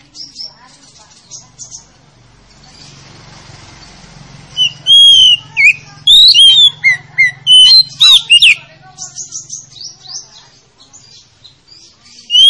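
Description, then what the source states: Oriental magpie-robin: whistled songbird phrases with fast varied slurred notes in the middle, over a low steady hum and faint background chatter. Lure recording intended to make a reluctant magpie-robin start singing.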